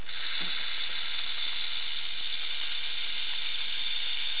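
Rattlesnake rattle, a steady high dry buzzing hiss held without a break throughout.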